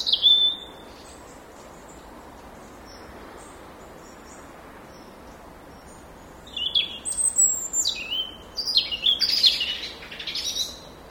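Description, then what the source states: European robin song: a brief thin high note at the start, then after a pause a run of sweet, high, tumbling warbled phrases with quick pitch leaps, over a steady soft background hiss. By a mill stream, 10 November 2014.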